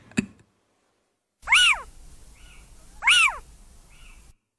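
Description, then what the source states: Little Owl calling: a brief click, then two plaintive mewing notes about one and a half seconds apart, each arching and then falling steeply, and each followed by a fainter short note. Played back on the radio as a test for the guest.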